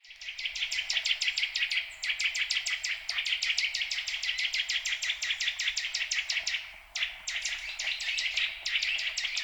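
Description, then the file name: Eurasian nuthatch giving rapid series of bright piping notes, with a few brief pauses before resuming the quick rhythm. "Sitta europaea"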